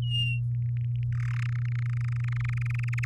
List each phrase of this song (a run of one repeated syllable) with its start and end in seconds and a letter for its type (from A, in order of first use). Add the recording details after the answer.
0.01-0.37 A, 0.55-1.04 B, 1.12-1.44 C, 1.45-3.05 D. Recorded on 6 May 2018 at 07:51. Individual llb16